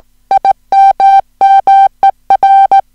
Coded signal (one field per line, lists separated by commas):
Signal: Morse code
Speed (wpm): 17 wpm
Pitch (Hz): 780 Hz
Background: music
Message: IMMER